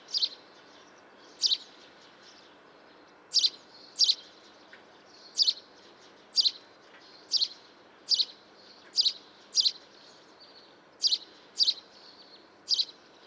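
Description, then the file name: House sparrow giving a long series of loud, clipped chirps, roughly one each second with short irregular gaps, over a quiet hissy background. "Passer domesticus"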